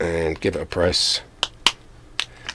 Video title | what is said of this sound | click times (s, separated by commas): Walther PPQ .177 Co2 Air Pistol Quick Look, Shoot & Power Test | little click lift it out for you | 1.7 s